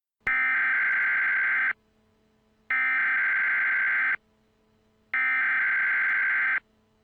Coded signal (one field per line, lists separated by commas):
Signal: Emergency Alert System (SAME) tones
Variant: header bursts